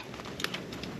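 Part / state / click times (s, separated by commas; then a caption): oxygen sensor wiring plug into the vehicle harness connector / not seated / none. The plastic wiring plug of an oxygen sensor on a 2nd-generation Scion xB, being serviced for an OBD P0420 code, is handled as it is pushed back toward the vehicle's harness connector. Faint, short plastic ticks and scuffs are heard around 0.2, 0.4, 0.44, 0.54 and 0.8 seconds over low background noise. The clip ends just before the connector goes home, so nothing has seated or clicked yet.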